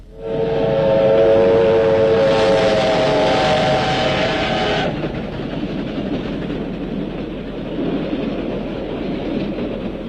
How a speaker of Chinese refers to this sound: 一列军用火车在夜色中奔驰而过